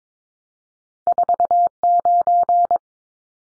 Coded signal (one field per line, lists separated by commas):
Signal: Morse code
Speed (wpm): 22 wpm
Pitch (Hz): 700 Hz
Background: none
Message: 49